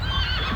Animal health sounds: contact call of a hoofed animal; Przewalski's horse; whinny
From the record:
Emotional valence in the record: negative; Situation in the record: naturally occurring agonistic interactions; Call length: 0.56 s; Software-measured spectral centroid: 2430 Hz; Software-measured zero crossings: 3270 a second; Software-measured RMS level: -24 dBFS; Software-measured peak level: -11 dBFS

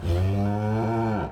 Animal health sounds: contact call of a hoofed animal; cattle; low-frequency (closed-mouth) or high-frequency (open-mouth) call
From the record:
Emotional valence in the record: negative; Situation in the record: full separation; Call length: 1.31 s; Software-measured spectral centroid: 1330 Hz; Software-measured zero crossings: 700 a second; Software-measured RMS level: -24 dBFS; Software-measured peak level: -14 dBFS

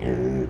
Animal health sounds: contact call of a hoofed animal; pig; closed-mouth grunt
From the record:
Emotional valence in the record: negative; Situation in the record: short social isolation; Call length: 0.51 s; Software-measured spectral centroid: 930 Hz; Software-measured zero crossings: 690 a second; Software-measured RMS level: -24 dBFS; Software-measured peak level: -12 dBFS

